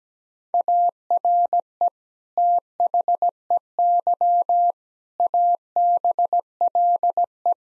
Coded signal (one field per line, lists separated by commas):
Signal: Morse code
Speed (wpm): 17 wpm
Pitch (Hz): 700 Hz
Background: none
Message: ARE THEY ABLE